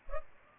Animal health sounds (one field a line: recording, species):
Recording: mosquito wingbeat signal from an infrared sensor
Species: Culex pipiens